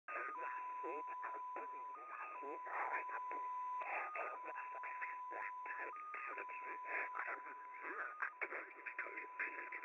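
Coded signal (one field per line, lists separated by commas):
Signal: multi-tone FSK (Olivia or MFSK type)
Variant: XPA2 14-tone MFSK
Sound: slow steady tone changing pitch every second or two, beneath overlapping voice audio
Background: interfering speech, radio static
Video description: XPA2 is a digital mode of the Russian 7 operator. It utilizes a custom 14-tone MFSK system.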